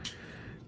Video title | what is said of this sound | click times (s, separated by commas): SHOKY REVIEWS: DX9 War in Pocket QUAKER (G1 Sludge) | like so till you hear it pop. | 0.1 s